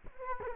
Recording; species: mosquito wingbeat signal from an infrared sensor; Culex quinquefasciatus